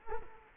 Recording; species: mosquito wingbeat signal from an infrared sensor; Culex quinquefasciatus